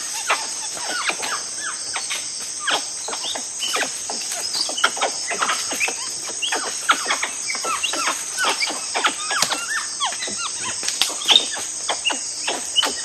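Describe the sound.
Tufted capuchin group chatter, many short squeaky chirps tumbling over one another, with a constant high-pitched insect drone.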